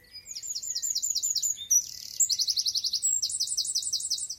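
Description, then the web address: Bird calls: rapid, high-pitched chirped notes in continuous trills, shifting speed and pitch partway through and running unbroken for over four seconds. "cianscape birddata Deverinetal 2025"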